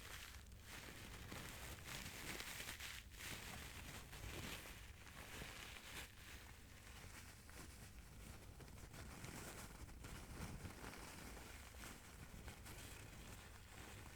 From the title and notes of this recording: Ear-To-Ear Crinkling Sounds.